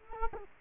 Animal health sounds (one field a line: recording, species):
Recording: mosquito wingbeat signal from an infrared sensor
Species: Culex quinquefasciatus